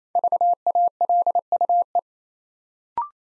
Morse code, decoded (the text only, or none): VALUE